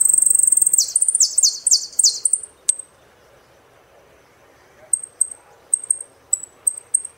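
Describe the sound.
Saffron finch song: a rapid high trill flowing into buzzy descending chirps, a sharp click, a pause, then a run of short, thin, high notes.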